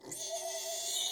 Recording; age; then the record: pig call; weaner (32 to 43 days)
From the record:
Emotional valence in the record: negative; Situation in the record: restrain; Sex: male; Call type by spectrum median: high-frequency call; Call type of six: mixed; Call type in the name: high-frequency stable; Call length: 1.11 s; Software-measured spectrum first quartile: 2408 Hz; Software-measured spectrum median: 4578 Hz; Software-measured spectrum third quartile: 7202 Hz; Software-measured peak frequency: 664 Hz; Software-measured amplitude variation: 91 dB a second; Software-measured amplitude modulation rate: 28.7 a second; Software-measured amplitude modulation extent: 3.2 dB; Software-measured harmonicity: 2.7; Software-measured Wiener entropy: -2.12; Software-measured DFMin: 969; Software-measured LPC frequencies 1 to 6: 673, 2014, 3097, 3601, 6286, 6592 Hz